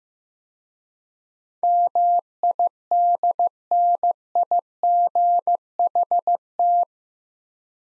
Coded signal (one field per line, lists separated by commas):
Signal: Morse code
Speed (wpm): 15 wpm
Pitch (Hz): 700 Hz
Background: none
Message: MIDNIGHT